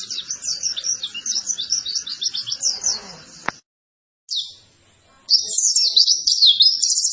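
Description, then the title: White-eye song: quick high twittering that stops abruptly, a short silence, then a brief note and a renewed burst of rapid chatter. Vigorously singing ('gacor') white-eye; master recording (masteran) used to train cage birds for song competition success. "Pleci Gacor. Masteran Burung PLECI"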